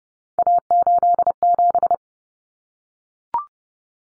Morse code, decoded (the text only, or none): A87